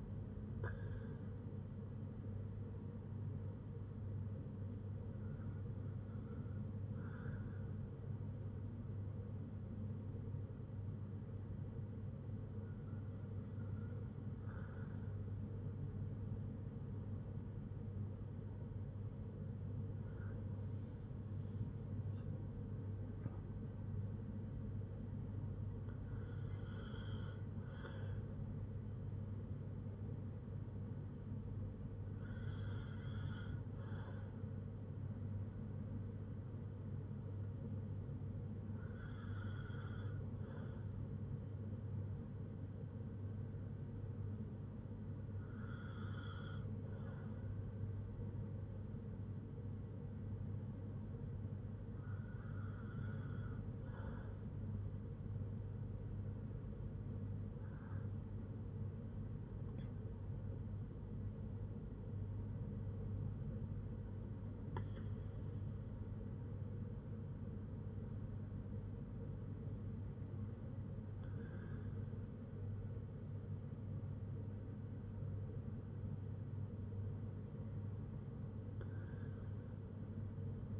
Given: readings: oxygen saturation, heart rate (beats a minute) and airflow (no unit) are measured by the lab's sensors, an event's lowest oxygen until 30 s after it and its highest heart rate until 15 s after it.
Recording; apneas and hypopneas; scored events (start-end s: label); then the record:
breathing in sleep by a smartphone at the bedside; none
13.00-43.00 s: new sleep stage, N1 (lightest sleep)
43.00-80.80 s: new sleep stage, N2 (light sleep)
From the record:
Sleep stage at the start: N2 (light sleep); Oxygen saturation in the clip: 95 to 96%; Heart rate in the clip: 54 to 79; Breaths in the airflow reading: 14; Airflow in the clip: -5.5 to 6.5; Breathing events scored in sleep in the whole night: 182 in 7.4 hours asleep